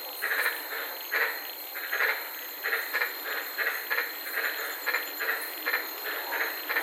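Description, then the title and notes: White-lipped tree frogs calling in short, harsh barks repeated at a steady pace over a background hiss. Several frogs calling at night in the Daintree rainforest, Queensland, Australia, recorded from inside a car. "White Lipped Frog Podcast. I was sitting in my car in the Daintree rainforest in Queensland this night and fell asleep listening to these amazing White lipped frogs"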